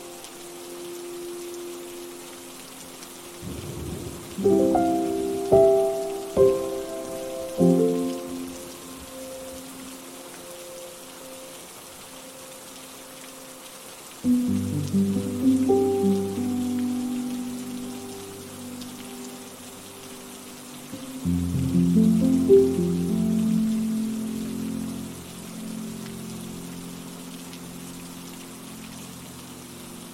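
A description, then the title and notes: Gentle piano plays over a steady hiss of rain that runs through the whole clip. Soft chords and short melodic phrases arrive in three clusters, near 4, 14 and 21 seconds, each ringing out and fading, with quieter rain-only stretches between them. Soothing Rain Piano Music. The serene combination of rain sounds and gentle piano music.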